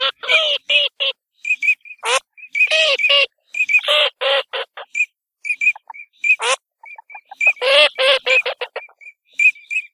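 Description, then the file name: Eurasian teal calls: short, clear whistled notes repeated many times at a steady pitch, mixed with bursts of harsh, nasal quacking chatter. "ALZAVOLA"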